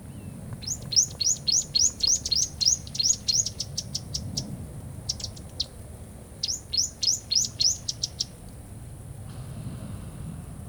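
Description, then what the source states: Bird calls in fast runs of high, sharp, downslurred chirps, about four per second, in two bursts, over a steady high insect-like hiss and low rushing water. Bird call by a river by day, in a jungle or rainforest setting.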